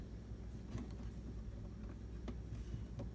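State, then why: Not seated. A loaded bobbin case is being handled at the hook/shuttle of a Kenmore Sears 148.14220 sewing machine, with the latch lever released, ready to be pushed in. Under a steady low background hum, a few faint, brief ticks of handling come at about 0.9, 2.3 and 3.0 seconds. Nothing has seated or clicked yet.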